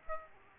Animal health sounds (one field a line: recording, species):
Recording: mosquito wingbeat signal from an infrared sensor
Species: Aedes aegypti